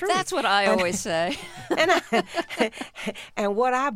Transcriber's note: laughter